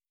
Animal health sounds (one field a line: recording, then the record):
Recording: hydrophone in a shrimp aquaculture tank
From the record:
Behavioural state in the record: starved